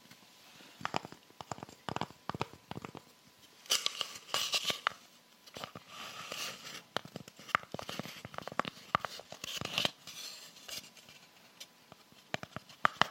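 Fingers tap and scratch with rhinestone-covered nails, making quick clicking taps in irregular bursts throughout. Some stretches turn into denser crinkly rubbing, notably around four to five seconds and again near ten. Sharp, bright clicks punctuate the end.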